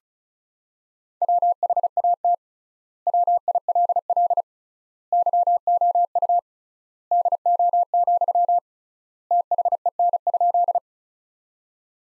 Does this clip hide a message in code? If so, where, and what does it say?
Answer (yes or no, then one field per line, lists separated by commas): yes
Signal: Morse code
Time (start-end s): 1.2-10.8 s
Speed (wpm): 36 wpm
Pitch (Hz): 700 Hz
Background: none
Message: WHAT WILL YOU DO, THEN?